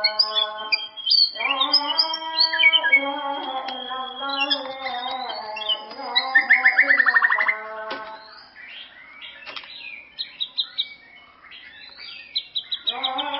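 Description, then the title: White-rumped shama song: varied whistles, a loud rapid falling trill near the middle and fast repeated high notes, over a steady low humming drone. "murai batu"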